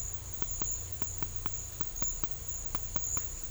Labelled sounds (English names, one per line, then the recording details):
none
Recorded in secondary vegetation near Puerto Asís, Putumayo, Colombia, on 21 December 2024 at 12:00
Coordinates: 0.498, -76.327
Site GP07